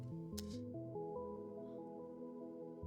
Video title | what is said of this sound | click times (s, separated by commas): ON EST DES GROS NERD ! - Live LEGO Gameboy | ça a bien clipsé. | 0.4 s